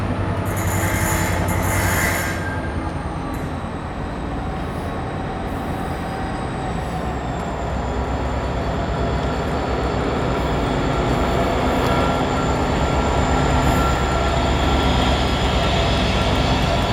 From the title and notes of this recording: Captured early in the morning on a cold station platform. The temperature is -3c and the people waiting for the train are wearing winter clothing.